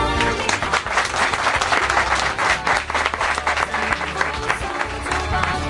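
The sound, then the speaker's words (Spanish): A studio audience of radio listeners applauds steadily in a radio studio, a dense, continuous wash of many hands clapping at an even loudness for several seconds without pause. “Ya veréis cómo se demuestra aplaudiendo.”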